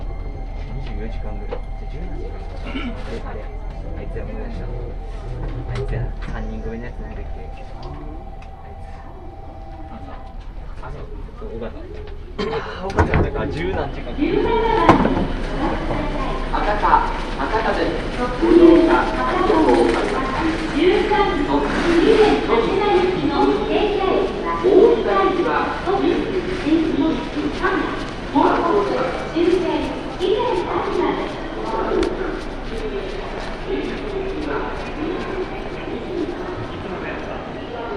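A railway journey: for the first dozen seconds a low steady rumble runs under faint sustained tones and scattered clicks. Around 13 seconds a thump opens onto dense, overlapping voices chattering continuously through to the end, with light clatter mixed in.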